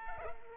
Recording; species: mosquito wingbeat signal from an infrared sensor; Culex pipiens